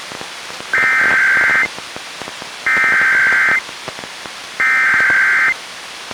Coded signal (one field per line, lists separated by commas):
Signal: Emergency Alert System (SAME) tones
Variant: header bursts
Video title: EAS #469: NWR Child Abduction Emergency- Feb. 24, 2021- 2:16PM PST